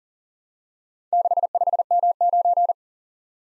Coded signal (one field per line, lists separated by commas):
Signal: Morse code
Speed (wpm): 41 wpm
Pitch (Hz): 700 Hz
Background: none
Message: 65M9